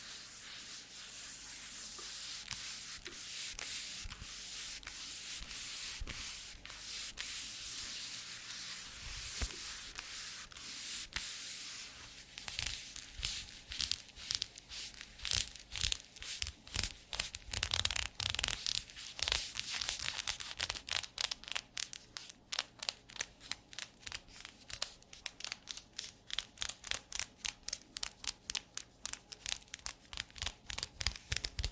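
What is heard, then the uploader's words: Squeaky leather rubbed and flexed, starting as a steady rasping scrape and gradually breaking into separate sharp creaks. By the second half the squeaks come in a fast, fairly regular series of short bright bursts, with a faint low hum underneath. TimASMR-ASMR Doing Your Squeaky Leather Requests (NO TALKING).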